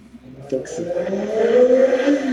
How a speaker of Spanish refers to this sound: Ese es el máster preparando su moto para salir disparado hacia su siguiente compromiso.